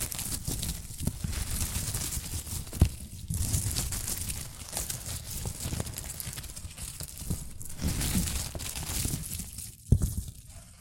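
Shredded tissue and packing peanuts rustle and crinkle continuously, dense and irregular, with sharper crunchy snaps near three, eight and ten seconds.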